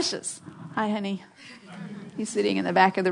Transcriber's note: Sounds of laughter. Yes, say that again: Isn’t that sweet? He is. He’s precious! Hi, Honey